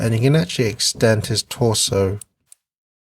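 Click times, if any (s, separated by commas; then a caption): 2.5 s. Someone talks, then after a brief pause a single short, sharp click sounds at 2.5 s as the plastic torso joint of a 1/12-scale S.H.Figuarts Uchuu Keiji Gavan Type-G (Space Squad ver.) action figure is pulled outward to extend it. The click marks the extension joint locking into place in the extended position for more range of motion, followed by silence.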